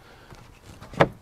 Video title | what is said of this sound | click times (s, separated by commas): Benefits Of Thermally Modified Wood Explained: (Part 3) | and you see you heard it snap into place go all the way across to the other side | 1.0 s